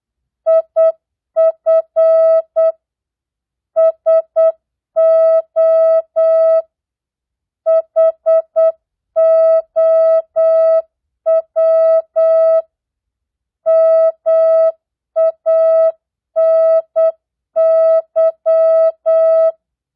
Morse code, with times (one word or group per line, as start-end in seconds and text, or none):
0.5-2.7 IF
3.8-6.6 SO
7.7-12.6 HOW
13.7-19.5 MANY